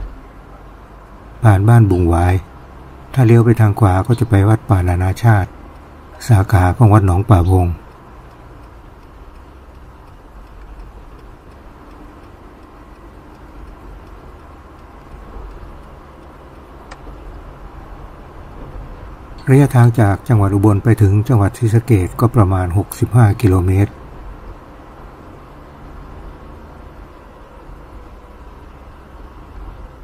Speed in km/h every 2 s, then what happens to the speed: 69, 68, 67, 66, 65, 63, 64, 66, 68, 68, 68, 69, 71, 72, 71.
0-11 steady at about 66. 11-25 speeds up to 72.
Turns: none.